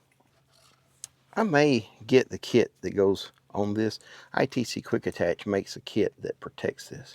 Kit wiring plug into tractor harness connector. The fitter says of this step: It's just going to go in and click in place.